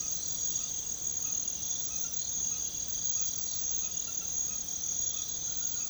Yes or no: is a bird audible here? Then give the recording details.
no. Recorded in pastures near Puerto Asís, Putumayo, Colombia, on 9 March 2025 at 00:00. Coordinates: 0.486, -76.323. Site G075